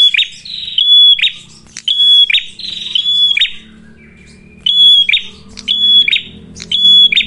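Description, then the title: Prinia buzzy calls: short harsh bursts with a thin steady whistle, repeated about once a second with gaps, over faint low rumble. Lure (pancingan) for attracting and training birds (pikat, masteran); red-headed prenjak described as gacor. "Masteran Duet Cililin Vs Kapas Tembak. Pancingan Prenjak Kepala Merah Gacor [ Sangat Cocok banget Untuk Pikat dan Masteran ]"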